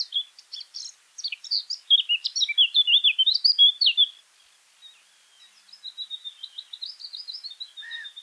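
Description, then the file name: Eurasian blackcap song: rapid scratchy chattering notes that break into a clear fluting warble, a pause, then a second softer warbled phrase ending in a low whistle. "Sylvia atricapilla"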